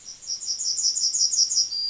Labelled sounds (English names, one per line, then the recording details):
Yellowhammer song
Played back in forest
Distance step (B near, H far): C
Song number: 041